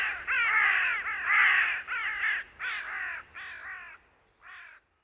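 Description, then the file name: Carrion crow gives a series of harsh, hoarse caws in quick succession that grow fainter toward the end. "Corvus corone"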